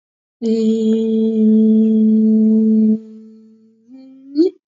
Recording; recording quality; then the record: sustained vowel as in beet; excellent, no background noise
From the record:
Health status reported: exposed to COVID-19, no respiratory illness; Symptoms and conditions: cough, cold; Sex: female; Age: 49 years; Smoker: no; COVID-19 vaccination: both doses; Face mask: not worn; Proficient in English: no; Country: India